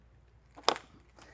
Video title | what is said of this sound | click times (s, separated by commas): Blue Chip Adapt Pro Elite™ Training - Low Air Loss Mattress | To connect it to your control unit, simply connect. You want to hear a click or a snap, | 0.7 s